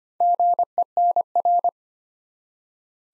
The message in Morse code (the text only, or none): GENR